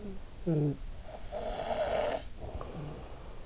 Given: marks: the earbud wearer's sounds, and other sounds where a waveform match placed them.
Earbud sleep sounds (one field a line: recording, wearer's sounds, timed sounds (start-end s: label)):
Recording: sounds in sleep by an in-ear microphone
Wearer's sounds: snoring breath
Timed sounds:
0.21-3.46 s: snoring breath